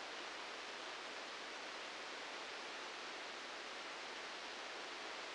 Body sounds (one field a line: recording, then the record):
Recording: brain microelectrode recording played as sound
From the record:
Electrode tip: outside the subthalamic nucleus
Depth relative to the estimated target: 0 mm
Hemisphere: left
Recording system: NeuroSet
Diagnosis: Parkinson's disease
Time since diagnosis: 19 years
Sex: female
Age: 69 years